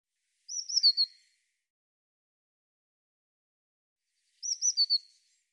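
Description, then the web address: Eurasian blue tit calls: two short series of high, thin notes that slip a little lower in pitch, spaced about four seconds apart. "cianscape birddata Deverinetal 2025 File cleaned normalized Bird Cy Ca"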